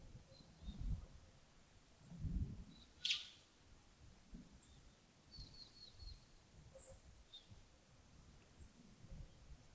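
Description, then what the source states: Birds giving one loud sharp note, then brief high tinkling notes in a short series, with steady low rumbling noise throughout. Early morning at Yagongding, 28 December 2025.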